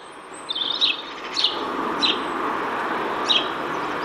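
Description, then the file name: House sparrow giving a few scattered chirps, four brief notes over a broad, steady rushing background noise. "Passer domesticus"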